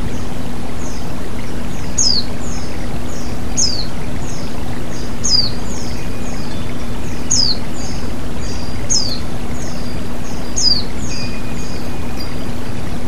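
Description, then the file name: White-eye singing thin, downward-sliding high notes, repeated in regular phrases roughly every one and a half to two seconds, with constant running water beneath. White-eye (pleci) with flowing water, bird therapy. "terapi air mengalir burung pleci"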